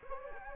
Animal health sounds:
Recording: mosquito wingbeat signal from an infrared sensor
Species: Anopheles gambiae

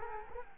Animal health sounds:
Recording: mosquito wingbeat signal from an infrared sensor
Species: Culex quinquefasciatus

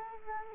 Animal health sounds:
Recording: mosquito wingbeat signal from an infrared sensor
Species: Culex quinquefasciatus

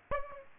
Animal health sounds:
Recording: mosquito wingbeat signal from an infrared sensor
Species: Aedes aegypti

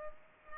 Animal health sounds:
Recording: mosquito wingbeat signal from an infrared sensor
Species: Culex pipiens

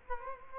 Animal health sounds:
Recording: mosquito wingbeat signal from an infrared sensor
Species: Culex quinquefasciatus

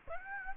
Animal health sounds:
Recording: mosquito wingbeat signal from an infrared sensor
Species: Aedes aegypti

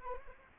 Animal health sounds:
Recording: mosquito wingbeat signal from an infrared sensor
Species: Anopheles arabiensis

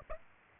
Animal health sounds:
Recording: mosquito wingbeat signal from an infrared sensor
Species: Aedes aegypti

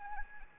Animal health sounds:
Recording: mosquito wingbeat signal from an infrared sensor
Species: Anopheles arabiensis

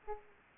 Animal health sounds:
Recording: mosquito wingbeat signal from an infrared sensor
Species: Aedes aegypti

